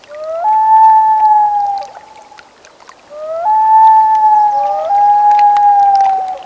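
Loon wail, two long mournful notes that rise briefly and then hold a steady tone, the second call beginning after a short pause.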